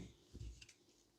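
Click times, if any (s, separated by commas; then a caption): 0.6 s, 0.7 s. The plastic ball joint of a Glangeh 15W induction car phone mount is pressed into its plastic holder on the mount base. Two short, sharp snaps are heard at 0.6 s and 0.7 s over a faint low rumble. The ball joint clips in and is seated.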